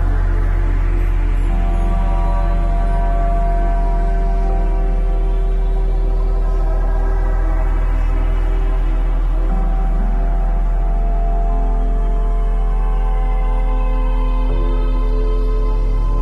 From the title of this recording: 174Hz+417Hz+741Hz